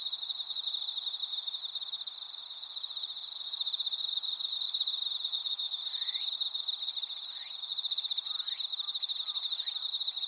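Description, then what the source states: Insect chorus with a continuous pulsed trill and high drone, joined in the second half by a few short, faint chirps from another caller. Insects calling in a grassy patch.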